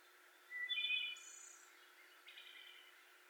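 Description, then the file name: Wood Thrush song, one liquid fluted phrase rising into a thin high trill, followed by a fainter buzzy ending. 18 May 2021. "2021-05-18 Wood Thrush"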